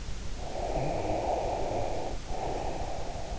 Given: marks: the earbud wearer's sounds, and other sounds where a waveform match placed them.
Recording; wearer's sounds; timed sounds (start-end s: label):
sounds in sleep by an in-ear microphone; breath
0.54-3.39 s: breath